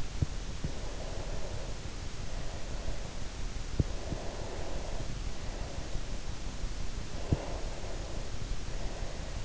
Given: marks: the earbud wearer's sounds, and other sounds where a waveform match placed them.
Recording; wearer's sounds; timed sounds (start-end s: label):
sounds in sleep by an in-ear microphone; breath
0.61-3.47 s: breath
3.93-6.11 s: breath
7.20-9.44 s: breath